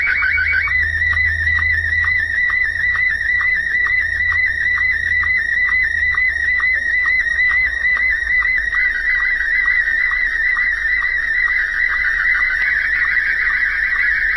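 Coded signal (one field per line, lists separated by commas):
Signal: SSTV (slow-scan television)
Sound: warbling high tone around 2 kHz with steady rhythmic short lower chirps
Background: radio static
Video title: SSTV Slow Scan TeleVision HF I6IBE Ivo Pratola Peligna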